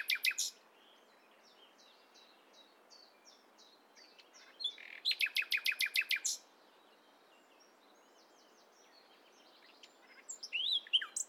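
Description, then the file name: Common nightingale singing in separate bursts: short sharp notes, a quiet stretch of soft chirps, then a fast series of loud repeated notes and more bursts near the end. "Luscinia megarhynchos"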